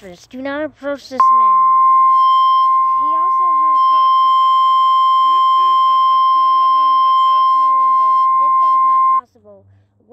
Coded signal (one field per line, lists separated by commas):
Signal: Emergency Alert System (SAME) tones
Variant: 1050 Hz attention tone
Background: speech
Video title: DENNIS THE KILLER EAS